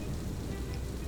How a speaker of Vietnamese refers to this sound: Xen lẫn tiếng sét, tiếng mưa trong đêm, đó là tiếng khóc thảm thiết, nghe vô cùng ai oán